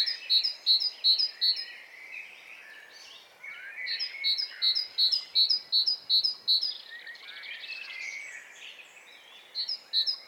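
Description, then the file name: Great tit with ringing two-syllable phrases repeated in runs of several, separated by short gaps; other birds chirp and warble in the background. "Parus major"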